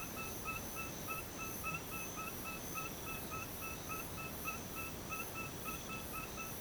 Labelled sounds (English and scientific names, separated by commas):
none